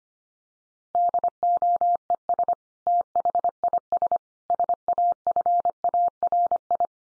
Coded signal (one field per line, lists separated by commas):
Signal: Morse code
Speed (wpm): 25 wpm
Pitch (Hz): 700 Hz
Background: none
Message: DOES THIS SAFARI